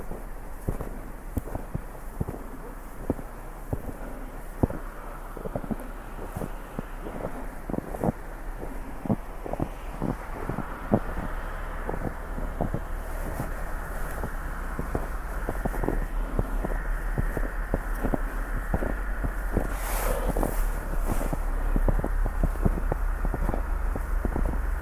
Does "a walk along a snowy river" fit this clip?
yes